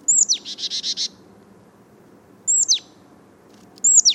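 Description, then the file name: Marsh Tit calling, a bright downslurred 'pitchoo' then a rapid buzzy run of five notes, with two further sharp 'pitchoo' notes after a pause. "Poecile palustris"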